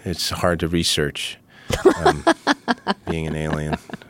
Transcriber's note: soundbite of laughter